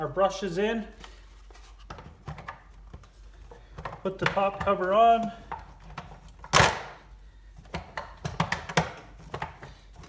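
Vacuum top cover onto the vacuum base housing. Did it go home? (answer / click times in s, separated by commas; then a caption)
no / none. Someone talks while handling the plastic top cover of an upright vacuum, fitting it back onto the vacuum base housing during reassembly after the brush is in. Light knocks, taps and one louder handling thump are heard between the talking, but nothing has seated or clicked yet.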